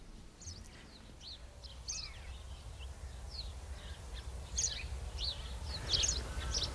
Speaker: Dit vind ik nou het typische geluid van een huismus